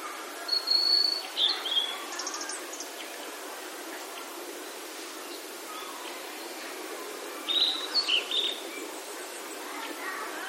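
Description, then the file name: Blue-and-white flycatcher song: two brief high whistled phrases several seconds apart, over constant hissing background noise. "oruri"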